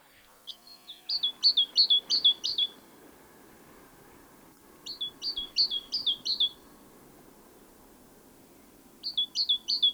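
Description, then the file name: Great tit giving three bursts of repeated two-note phrases, high then lower, with a few seconds of quiet between bursts; soft background hum throughout. "Parus major"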